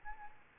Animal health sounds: mosquito wingbeat signal from an infrared sensor; Aedes albopictus

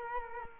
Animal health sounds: mosquito wingbeat signal from an infrared sensor; Culex quinquefasciatus

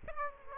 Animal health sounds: mosquito wingbeat signal from an infrared sensor; Aedes aegypti

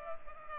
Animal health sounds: mosquito wingbeat signal from an infrared sensor; Culex pipiens

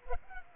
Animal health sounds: mosquito wingbeat signal from an infrared sensor; Culex pipiens

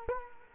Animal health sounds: mosquito wingbeat signal from an infrared sensor; Culex quinquefasciatus

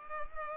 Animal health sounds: mosquito wingbeat signal from an infrared sensor; Culex pipiens

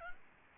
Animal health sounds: mosquito wingbeat signal from an infrared sensor; Aedes albopictus

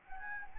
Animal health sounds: mosquito wingbeat signal from an infrared sensor; Anopheles arabiensis

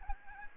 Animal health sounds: mosquito wingbeat signal from an infrared sensor; Aedes aegypti

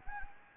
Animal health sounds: mosquito wingbeat signal from an infrared sensor; Anopheles gambiae

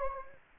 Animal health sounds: mosquito wingbeat signal from an infrared sensor; Anopheles gambiae

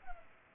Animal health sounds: mosquito wingbeat signal from an infrared sensor; Culex pipiens

